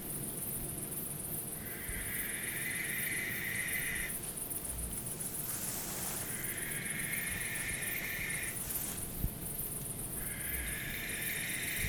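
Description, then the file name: Barn owl giving repeated harsh, breathy screeches of a few seconds each, with long pauses between, over a steady high insect trill. Recorded 12 August 2014. "2014-08-12 schleier-eule"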